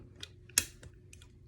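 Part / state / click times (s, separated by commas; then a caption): bobbin case into sewing machine hook / seated / 0.6 s. A loaded bobbin case is pushed from under the table into the rotary hook of a Juki 1181N sewing machine, with a few faint small taps before and after. It latches with a sharp, bright click at 0.6 s, and the bobbin case is seated.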